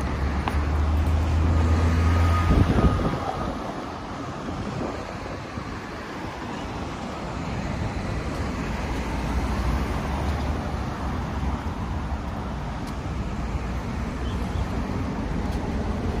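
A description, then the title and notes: Street sounds from a walk in Tel Aviv: a dense, steady rumble of traffic fills the whole recording, heavy in the low end. A vehicle passes loudly in the first three seconds, and later the wash eases slightly before building again, with faint clicks near the end. Street Sounds. Walking In Tel Aviv, Israel.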